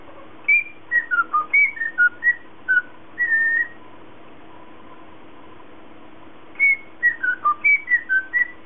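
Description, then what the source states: Cockatiel whistling a melodic phrase of several notes, pausing for about three seconds of quiet, then repeating the same tune. Lutino colour variety.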